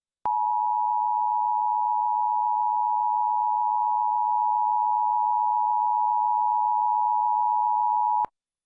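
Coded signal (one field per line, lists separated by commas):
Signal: Emergency Alert System (SAME) tones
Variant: 853 and 960 Hz attention tone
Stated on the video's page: Required Monthly Test relayed by a Washington DC TV station during a daytime broadcast.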